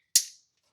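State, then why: Seated. An extension harness connector is pushed into the differential locker wiring connector on a Nissan Frontier PRO-4X. A single sharp, loud click is heard at 0.2 s, with its bright high-frequency ring fading by about 0.4 s. The connector is seated.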